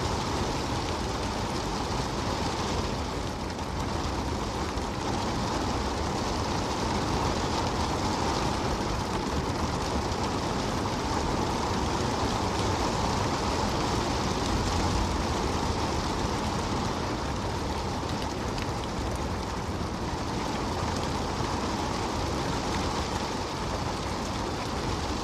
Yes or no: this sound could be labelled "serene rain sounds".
yes